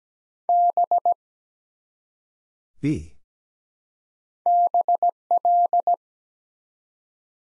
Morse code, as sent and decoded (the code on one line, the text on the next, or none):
-... / -... .-..
B BL